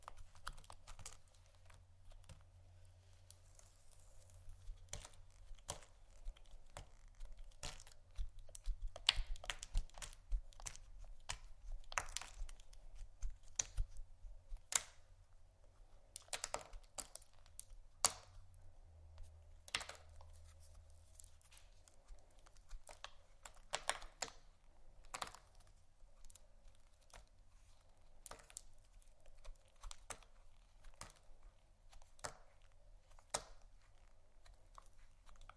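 Soap and candle carving: irregular crisp scrapes and clicks, sometimes in quick bursts, over a steady low hum that swells around the start.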